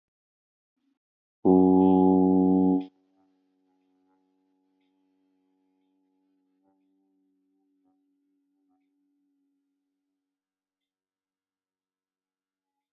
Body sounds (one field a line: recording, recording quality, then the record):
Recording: sustained vowel as in boot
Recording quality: excellent, no background noise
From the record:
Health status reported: healthy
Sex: male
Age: 29 years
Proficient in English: yes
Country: India